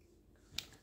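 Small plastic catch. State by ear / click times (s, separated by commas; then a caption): released / 0.6 s. A click mechanism on a plastic toy treasure container is pressed to open it, giving one sharp click at 0.6 s over faint background noise. The container's release mechanism springs open.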